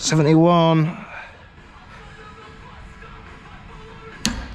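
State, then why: Torque reached. Someone talks briefly at the start, then after a quiet stretch a click-type torque wrench set to 71 Nm is pulled on a bolt and gives a single sharp click at 4.3 s. The click confirms the wrench is within tolerance.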